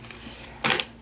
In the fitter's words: you just place it about into the hinges and just push in and snap on.